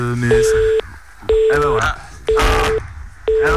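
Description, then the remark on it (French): A telephone busy tone after a dropped call: a steady mid-pitched beep pulsing on and off about once a second, four times, with people talking underneath. “Petit problème de téléphone, ça arrive.”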